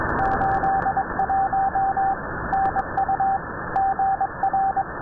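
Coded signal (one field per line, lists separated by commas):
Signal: Morse code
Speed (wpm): 23 wpm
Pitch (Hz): 780 Hz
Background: radio noise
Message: 81 NU GR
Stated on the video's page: Numbers station on 6607 kHz CW received near Tampa, Florida with a Winradio Excalibur Pro and Wellbrook loop.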